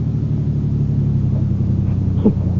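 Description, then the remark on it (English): A car engine hums with a steady, low, droning rumble as it drives through Rome late at night, then a brief squeal, like brakes, rises and fades just before the end as the car stops at the Borghese Palace. No voices. “Get out of the car.”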